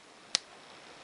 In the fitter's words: there you go i hope you could hear that it actually snaps into into place